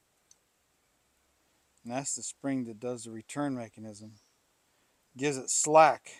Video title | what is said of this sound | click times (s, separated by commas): Can I rebuild a tailgate with old parts? F600 pickup | so these things just kind of turn and lock into place | 0.3 s